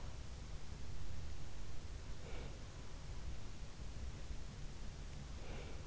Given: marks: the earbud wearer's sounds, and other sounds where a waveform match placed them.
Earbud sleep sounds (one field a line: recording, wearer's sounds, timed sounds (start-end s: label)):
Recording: sounds in sleep by an in-ear microphone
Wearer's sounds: breath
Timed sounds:
2.03-2.67 s: breath
5.22-5.87 s: breath